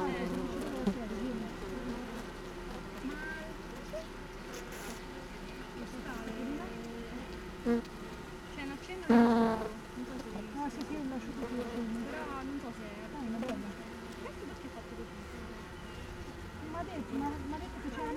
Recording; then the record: honeybee colony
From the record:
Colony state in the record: missing queen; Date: 31 May 2018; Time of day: 16:14